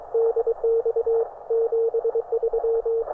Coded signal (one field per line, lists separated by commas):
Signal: Morse code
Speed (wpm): 22 wpm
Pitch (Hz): 460 Hz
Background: radio noise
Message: DX 73